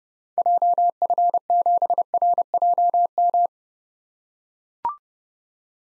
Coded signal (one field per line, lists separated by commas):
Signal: Morse code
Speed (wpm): 32 wpm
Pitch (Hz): 700 Hz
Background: none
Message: JF7RJM